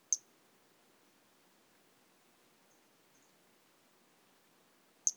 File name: Brachycephalus albolineatus